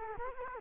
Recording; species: mosquito wingbeat signal from an infrared sensor; Culex quinquefasciatus